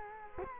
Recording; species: mosquito wingbeat signal from an infrared sensor; Culex quinquefasciatus